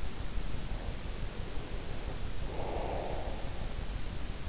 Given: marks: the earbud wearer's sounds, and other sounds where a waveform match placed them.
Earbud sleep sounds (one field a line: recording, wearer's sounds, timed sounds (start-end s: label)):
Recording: sounds in sleep by an in-ear microphone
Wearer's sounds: breath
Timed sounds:
2.21-3.98 s: breath